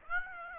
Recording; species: mosquito wingbeat signal from an infrared sensor; Aedes aegypti